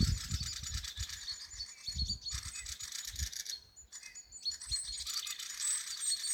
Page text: Mistle Thrush, Turdus viscivorus. Observation time 19-Apr-2025 plkst. 12:15. Līvānu novads. Agitated behaviour or anxiety calls from adults. Observer Vladimirs S. DabasDati.lv